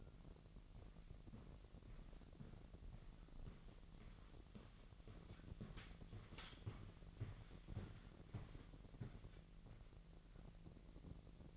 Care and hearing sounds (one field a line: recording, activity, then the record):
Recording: daily activity, microphone in the room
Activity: walk to room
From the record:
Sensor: 4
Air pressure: 1013.2 hPa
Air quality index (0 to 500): 245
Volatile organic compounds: 4 ppm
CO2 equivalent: 1632 ppm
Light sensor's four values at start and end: 36/87/36/35 and 29/70/29/29